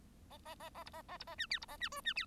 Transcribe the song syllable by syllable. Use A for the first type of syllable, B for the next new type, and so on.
A A A A B A A B A C D B A C E C D